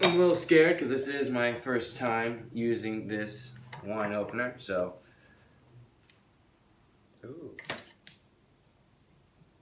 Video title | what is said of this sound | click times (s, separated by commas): #57 19 Crimes Shiraz 2019 Red | You could hear the pop in there when that cork came out. | 7.7 s